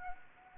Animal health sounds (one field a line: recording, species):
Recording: mosquito wingbeat signal from an infrared sensor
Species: Anopheles gambiae